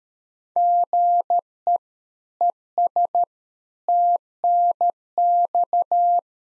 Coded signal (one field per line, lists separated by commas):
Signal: Morse code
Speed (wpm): 13 wpm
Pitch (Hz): 700 Hz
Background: none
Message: GE ES TNX